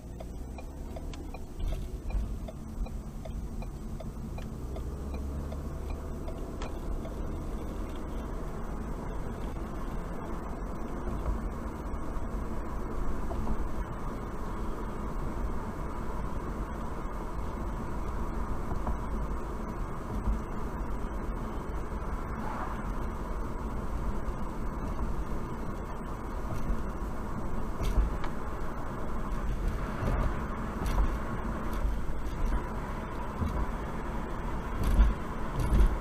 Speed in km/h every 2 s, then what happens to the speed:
16, 23, 27, 39, 50, 56, 61, 63, 63, 63, 64, 64, 63, 64, 63, 64, 64, 64.
0-13 speeds up to 63. 13-36 steady at about 64.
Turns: 0-4.